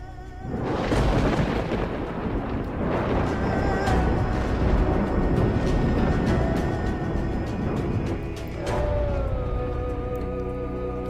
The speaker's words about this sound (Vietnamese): Giang Thế Bạch nghĩ cũng có đạo lý này, liền dùng cả 2 viên, nghênh đón lôi kiếp kinh thiên động địa, lôi điện cuồn cuộn, phủ đầy trời, toàn bộ sơn cốc, lôi điện ầm vang.